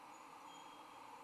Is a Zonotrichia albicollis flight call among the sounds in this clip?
no